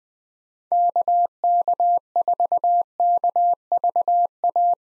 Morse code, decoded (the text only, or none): KK4KVA